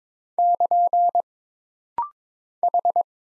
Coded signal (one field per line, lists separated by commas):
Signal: Morse code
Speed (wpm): 22 wpm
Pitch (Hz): 700 Hz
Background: none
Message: <KN> H